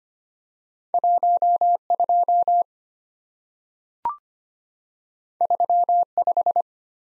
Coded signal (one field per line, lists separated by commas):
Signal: Morse code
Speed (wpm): 25 wpm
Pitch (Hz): 700 Hz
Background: none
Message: 12 35